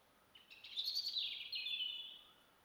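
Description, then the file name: European robin song: a single wavering phrase of high, thin warbled notes, rising in loudness then trailing off after roughly two seconds. "Erithacus rubecula"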